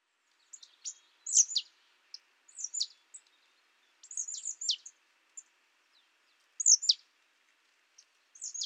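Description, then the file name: Marsh tit calling repeatedly, with clusters of explosive, steeply falling high notes, often paired, coming every second or so against a faint hiss. "Poecile palustris"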